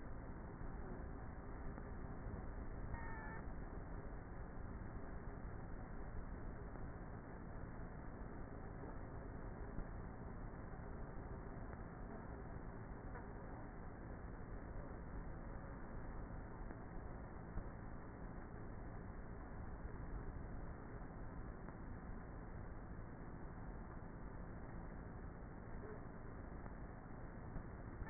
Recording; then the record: honeybee colony, microphone inside the hive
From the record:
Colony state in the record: queenless with a low population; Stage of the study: before two queens were removed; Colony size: about 30,000 bees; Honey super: no